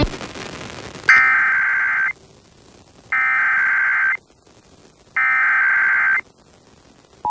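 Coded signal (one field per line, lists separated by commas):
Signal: Emergency Alert System (SAME) tones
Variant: header bursts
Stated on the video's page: Oregon statewide Required Monthly Test relayed by an FM station in Seaside, recorded from a stereo with a Zoom H1 audio recorder.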